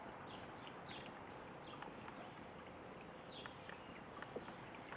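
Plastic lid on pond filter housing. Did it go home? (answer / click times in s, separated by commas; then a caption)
yes / 1.8 s, 3.5 s, 4.2 s. A plastic lid is twisted back onto a pond filter housing, its three small snap tabs catching over the edge against a steady broadband background hiss. Three short, sharp snaps land at 1.8, 3.5 and 4.2 seconds, and the lid is seated.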